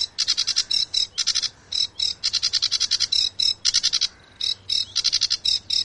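Sedge warbler song: rapid chattering bursts of scratchy, buzzy notes repeated in quick clusters, varied and restless, with short gaps between phrases.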